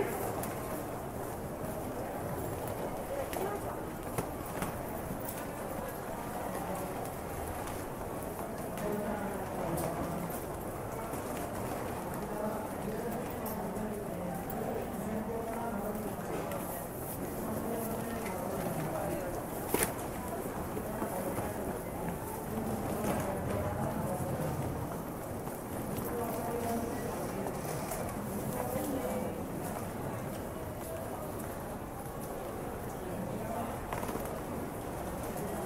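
Busy station ambience with a steady murmur of many voices, scattered footsteps and clatter, and a sharp knock around twenty seconds.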